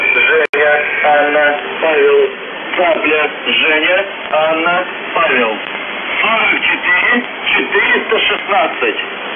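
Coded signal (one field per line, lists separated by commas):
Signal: coded military voice message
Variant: UVB-76, Russian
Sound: a voice speaking steadily over a narrow radio channel, no buzz tones audible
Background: radio static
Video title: UVB-76/ The Buzzer Voice Message January 19, 2022 07:58 UTC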